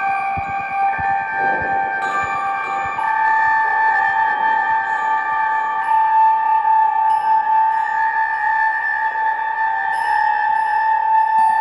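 Bronze bells and a gong ring together in a sustained, shimmering tone that stays steady throughout. Several clear pitches hold and overlap, with a slight swell around three seconds, while soft taps and rustles flicker underneath, busiest in the first few seconds.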